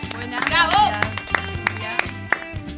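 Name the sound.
applause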